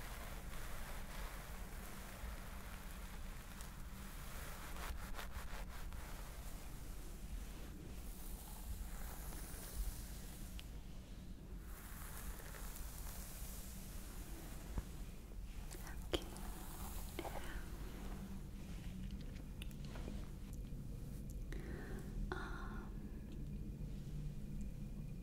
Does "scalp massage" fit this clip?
yes